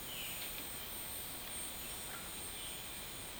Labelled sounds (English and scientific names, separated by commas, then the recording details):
none
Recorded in dense forest near Puerto Asís, Putumayo, Colombia, on 21 February 2024 at 11:00
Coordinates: 0.502, -76.324
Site G6370